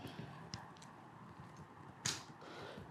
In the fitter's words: and it just popped in you heard it pop so I've got that side in